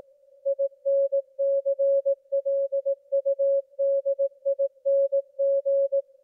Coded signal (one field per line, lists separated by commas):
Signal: Morse code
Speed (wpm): 18 wpm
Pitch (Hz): 550 Hz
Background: music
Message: INCLUDING